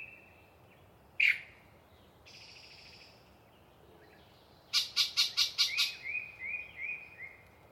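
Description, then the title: Yellow-breasted chat song: one sharp note, a buzzy rasp, then six loud harsh pulses that trail off into softer whistled notes. Very talkative bird singing a long pre-dawn soliloquy in deciduous cover. "A Very Chatty Yellow-breasted Chat"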